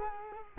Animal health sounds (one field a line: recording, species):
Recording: mosquito wingbeat signal from an infrared sensor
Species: Culex quinquefasciatus